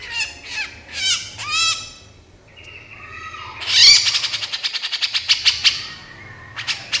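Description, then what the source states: Horsfield's bush lark song: slurred harmonic notes and a few steady whistles, then a loud buzzy passage of rapid repeated pulses, with short sharp notes near the end. Branjangan masteran: tutor recording used to train songbirds, described as super gacor (singing constantly).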